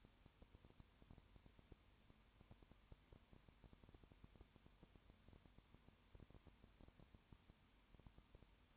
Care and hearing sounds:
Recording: daily activity, microphone in the room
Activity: no activity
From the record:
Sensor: 2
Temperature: 20.8 degrees Celsius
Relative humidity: 38.3%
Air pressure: 1010.5 hPa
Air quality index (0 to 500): 200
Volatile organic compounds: 19 ppm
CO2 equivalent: 2653 ppm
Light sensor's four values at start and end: 2/3/2/2 and 2/3/2/2

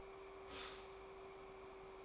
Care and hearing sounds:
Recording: daily activity, microphone in the room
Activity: stop toaster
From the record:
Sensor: 1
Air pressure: 1014.8 hPa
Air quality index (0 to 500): 195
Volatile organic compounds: 30 ppm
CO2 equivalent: 2951 ppm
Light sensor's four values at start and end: 4/9/3/3 and 4/9/3/3

